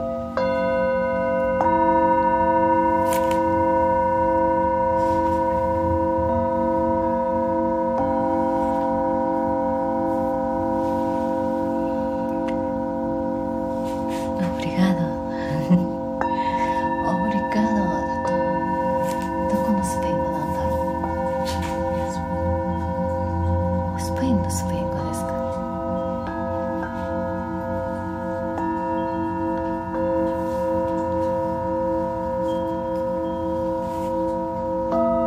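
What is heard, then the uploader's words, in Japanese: Singing bowls ring in a long, layered drone, several steady tones sustaining and overlapping throughout, with new strikes adding fresh tones every few seconds. Between about 14 and 25 seconds, soft wavering sounds and light clicks or taps drift over the humming bed. メキシコから シンギングボウルのサウンドヒーリング ライブ。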